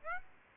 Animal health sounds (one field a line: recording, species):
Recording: mosquito wingbeat signal from an infrared sensor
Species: Aedes aegypti